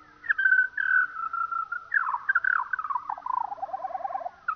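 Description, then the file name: Eurasian skylark song at reduced speed: long held whistled notes, then a quick burst of trilled phrases falling in pitch toward the end. Played slowed down. "skylark slowed down"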